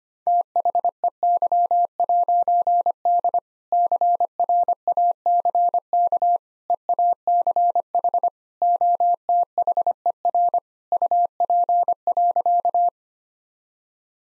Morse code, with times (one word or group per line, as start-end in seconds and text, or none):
0.3-3.4 THEY'D
3.7-6.4 CRACK
6.7-8.3 EACH
8.6-10.6 OTHER
10.9-12.9 UP.